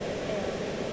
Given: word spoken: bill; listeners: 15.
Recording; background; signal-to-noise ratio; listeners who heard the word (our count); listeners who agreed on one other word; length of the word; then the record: one English word in noise, from a listening test; speech-shaped noise; -6.5 dB; 0 of 15; 10 of 15; 0.53 s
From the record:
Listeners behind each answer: 10, 2, 1, 1, 1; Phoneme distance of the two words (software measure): 7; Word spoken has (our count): 1 syllable, 3 phonemes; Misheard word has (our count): 1 syllable, 2 phonemes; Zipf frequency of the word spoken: 5.09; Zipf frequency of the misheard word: 4.59